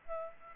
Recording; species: mosquito wingbeat signal from an infrared sensor; Aedes aegypti